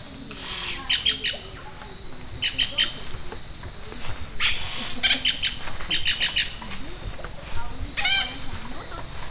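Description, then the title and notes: Yellow-rumped cacique singing in bursts of bright, high chattering notes, repeated every second or two, over a steady insect hum. Bird in Amacayacu National Natural Park, Amazonas, Colombia; imitates other birds, frogs and even the sound of a machete being sharpened. "Parque Nacional Natural Amacayacu, Amazonas, Colombia - Pájaro Arrendajo. Este pájaro imita a otras aves, ranas y hasta machete afilando"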